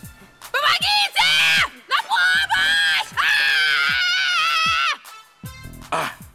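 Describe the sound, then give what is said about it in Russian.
A woman taped to a chair screams repeatedly in long, loud, high-pitched bursts, each cry sustained for a second or more with short gasping breaks between them, ending in a few shorter, choked wails. “Так что, ори на здоровье. Тихо, тихо.”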